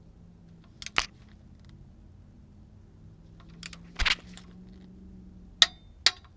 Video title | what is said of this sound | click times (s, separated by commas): C_DOES: Engine Oil Change DIY 2015 Honda CRV | So all I have to do is go until it clicks, | 5.6 s, 6.1 s